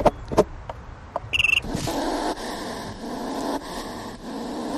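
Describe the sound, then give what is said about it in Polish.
A hedgehog huffs defensively: a few sharp clicks and a short squeak, then continuous noisy puffing and hissing with a rough, pulsing rhythm that stays fairly loud to the end. “Tak się broni jeż.”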